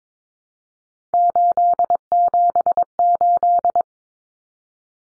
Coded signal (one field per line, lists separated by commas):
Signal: Morse code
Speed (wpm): 22 wpm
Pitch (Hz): 700 Hz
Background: none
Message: 878